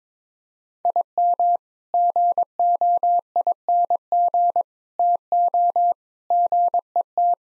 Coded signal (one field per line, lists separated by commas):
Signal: Morse code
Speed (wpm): 21 wpm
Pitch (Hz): 700 Hz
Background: none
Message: IM GOING TO GET